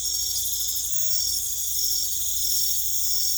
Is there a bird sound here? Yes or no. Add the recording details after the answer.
no. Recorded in secondary vegetation near Puerto Asís, Putumayo, Colombia, on 16 December 2024 at 19:00. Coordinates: 0.468, -76.324. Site G095